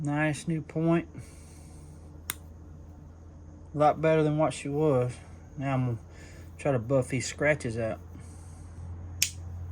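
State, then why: Seated. Someone talks over a low steady hum while restoring a vintage Queen whittler slip-joint pocket knife, and a brief sharp tick sounds at 2.3 s. At 9.2 s the restored steel blade, swung against the backspring, snaps into place under spring tension with a crisp, loud snap, and the blade is seated.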